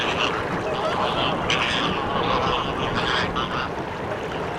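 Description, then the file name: Busy flock of American flamingos, harsh honking and gabbling calls blending into a steady noisy chorus without pauses. "Utrennie golosa - Krasnyj flamingo flamingo"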